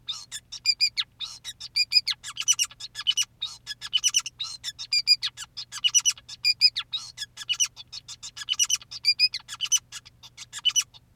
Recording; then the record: song of a male Bengalese finch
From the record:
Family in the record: son of father 2, and himself father 5